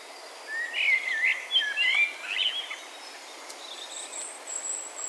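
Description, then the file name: Common blackbird: one fluted warbling phrase lasting about two seconds, then faint high thin notes against steady background noise. "Turdus merula"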